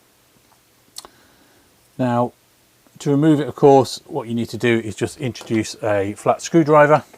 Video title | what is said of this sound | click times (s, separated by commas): Table Lamp Repair #0079 | so it's obviously going to just push together it'll click in place and it won't want to come out again | 1.0 s, 1.1 s